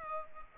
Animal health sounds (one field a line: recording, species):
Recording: mosquito wingbeat signal from an infrared sensor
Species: Culex pipiens